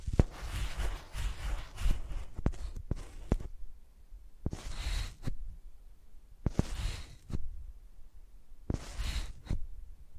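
Microphones are used like pencils, scratching and tapping in repeated bursts. Each burst lasts about a second, with sharp clicks at its start and end, and the bursts return every two seconds or so. A low rumble runs underneath throughout.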